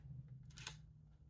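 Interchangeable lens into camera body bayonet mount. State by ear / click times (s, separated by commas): seated / 0.7 s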